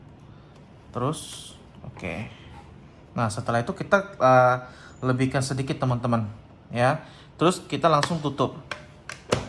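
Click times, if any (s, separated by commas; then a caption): none. Someone talks while handling a Panda PRJ-1015DL thermal label printer after threading the label roll through its rear slot, preparing to close its plastic top cover. Two short sharp taps occur near the end at about 9.1 and 9.3 seconds, but the cover has not yet clicked shut or seated.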